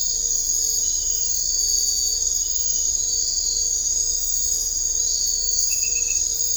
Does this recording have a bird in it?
no